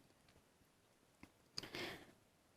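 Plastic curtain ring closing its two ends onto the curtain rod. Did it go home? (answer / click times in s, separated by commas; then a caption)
yes / 1.6 s. A plastic curtain ring is closed, its two ends snapping together onto the curtain rod. After a faint tick at about 1.2 s, a sharp click at 1.6 s is followed by a short, louder rustling burst. The ring clicks shut and is seated.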